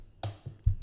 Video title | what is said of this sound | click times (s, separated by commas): Eufy Battery Replacement Review | clicked into place it's secure then take the battery and put it back in | 0.2 s